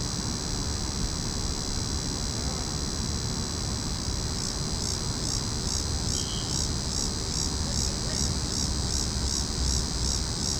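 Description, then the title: Cicada chorus drones steadily at a high pitch, and rhythmic pulsing joins partway through over a low background rumble. Cicadas calling in a tree. "neoscenes: cicadas in tree"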